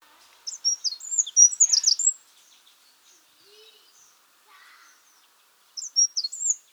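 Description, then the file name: Eurasian wren, a busy burst of high, sharp notes with a quick trill, faint softer sounds during the gap, then another short burst. "Troglodytes troglodytes"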